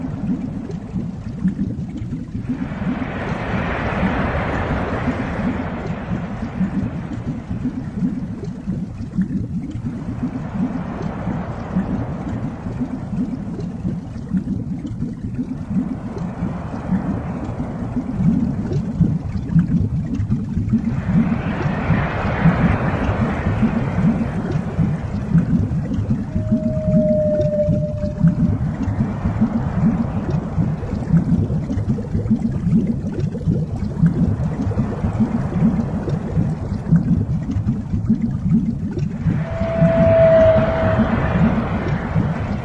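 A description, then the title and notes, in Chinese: Whale sounds rise and fade in slow repeating swells about every six seconds over a constant low rumble, with two brief whistling tones near the end. 深海鲸鱼声。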